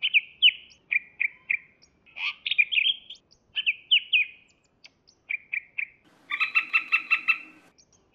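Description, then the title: Leafbird singing clear chirped phrases with short pauses, then ending in a harsh, buzzy rattling stretch before one last note. "CUCAK IJO"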